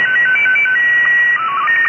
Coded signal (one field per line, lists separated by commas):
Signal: SSTV (slow-scan television)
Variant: Scottie 2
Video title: Receiving SSTV - Slow Scan Televsion